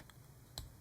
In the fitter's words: beautiful I mean you might have even heard that snap listen for it